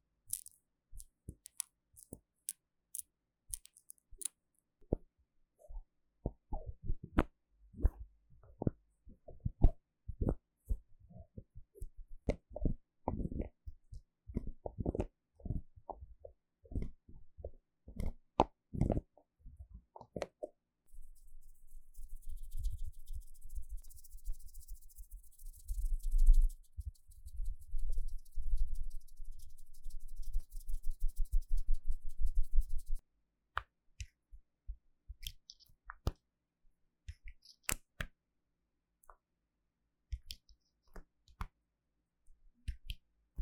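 Bottles, jars and bottle caps are tapped and handled, giving quick sharp clicks and knocks that come thick and irregular for the first twenty seconds. From about 21 to 33 seconds a steady low rumble with a thin hiss and scratchy crackle takes over, then scattered clicks return.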